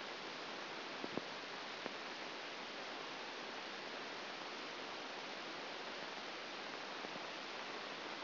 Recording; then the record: brain microelectrode recording played as sound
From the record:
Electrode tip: outside the subthalamic nucleus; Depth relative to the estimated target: -8 mm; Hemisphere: left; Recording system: AlphaMap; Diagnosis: Parkinson's disease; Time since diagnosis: 9 years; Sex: male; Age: 68 years